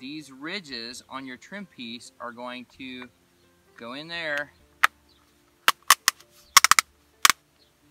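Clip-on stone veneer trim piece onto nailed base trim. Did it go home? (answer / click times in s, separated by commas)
yes / 4.8 s, 5.9 s, 6.6 s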